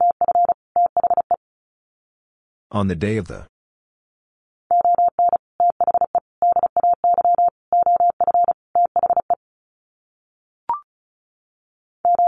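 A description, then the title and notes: Morse code beeps on a single steady mid-pitched tone, short and long pulses in bursts from the start to about 1.4 seconds and again from 5 to 9.4 seconds. A brief spoken phrase interrupts near 3 seconds, and a short click sounds near 10.7 seconds. Sets of 5 Words Encore 35wpm. First, the words are sent in Morse code.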